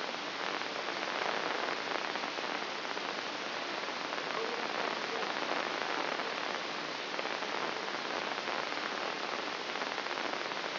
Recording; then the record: brain microelectrode recording played as sound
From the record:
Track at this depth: inside the subthalamic nucleus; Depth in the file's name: 4.465 mm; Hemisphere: left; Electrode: 3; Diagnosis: Parkinson's disease